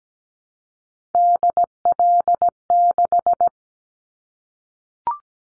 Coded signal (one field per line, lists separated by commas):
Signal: Morse code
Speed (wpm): 17 wpm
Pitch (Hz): 700 Hz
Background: none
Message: DL6